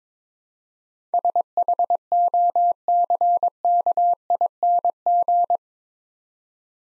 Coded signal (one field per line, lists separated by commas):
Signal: Morse code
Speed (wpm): 22 wpm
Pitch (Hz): 700 Hz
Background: none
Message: SHOCKING